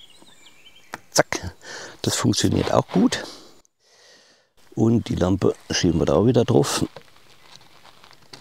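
A lamp is being slid back onto its mounting bracket while someone talks, with a few sharp knocks and taps around 0.9 s and 1.3 s and fainter small handling sounds near the end. The lamp has not yet clicked into place on its mount.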